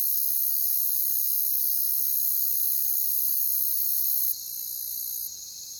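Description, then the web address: Crickets keep up a constant high trilling chorus, which drops suddenly in loudness near the end. Crickets in a jungle setting. "Pre-Uni Library Natures Songs Nature Sounds The Natural Sounds of the Wilderness 10 CDs collection Echoes of Nature - Jungle Talk Crickets"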